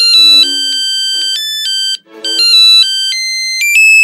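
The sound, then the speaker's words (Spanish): Arturo's mobile phone rings at night while he sits in the living room listening to the radio, its ringtone playing a bright electronic melody of stepped, bell-like tones, repeating its phrase twice with a short break in between, loud and with no one speaking. “Arturo descolgó su móvil.”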